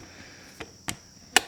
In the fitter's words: rotate it it'll click in place there you go it's